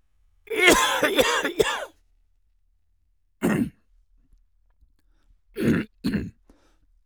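An adult coughing repeatedly: an opening run of several quick coughs, then single and paired coughs separated by pauses of silence.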